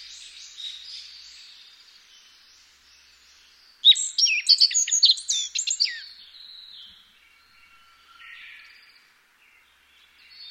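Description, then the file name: Black-faced bunting delivers one short, bright phrase of rapid high chirps and buzzes, preceded and followed by softer, faint twittering notes. "aoji"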